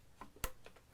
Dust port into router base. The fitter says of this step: to the tool just like this locks in